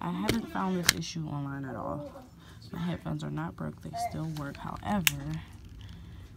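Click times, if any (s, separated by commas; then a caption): none. Someone talks while folding and unfolding one side of a pair of plastic over-ear Beats Solo 3 headphones at the ear-cup fold hinge in the headband, with only a few faint, soft ticks near the end. The hinge on that side does not snap into its detent, and nothing has clicked into place yet.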